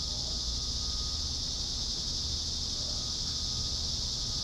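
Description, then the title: Unbroken shrill cicada hiss at a fixed pitch, accompanied by low background rumble and a faint thin tone. "neoscenes: cicadas"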